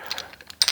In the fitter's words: but it locks in place here